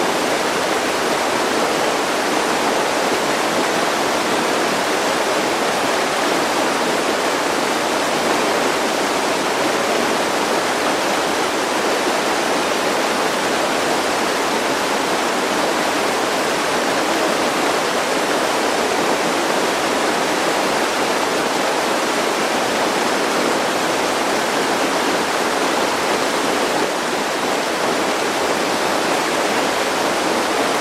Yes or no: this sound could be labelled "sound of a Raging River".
yes